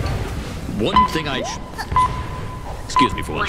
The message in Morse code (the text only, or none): none